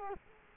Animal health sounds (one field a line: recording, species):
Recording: mosquito wingbeat signal from an infrared sensor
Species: Culex quinquefasciatus